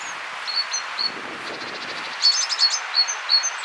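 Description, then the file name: Great tit calls: a few high, thin notes, then a louder, quicker run of short notes. "Parus major"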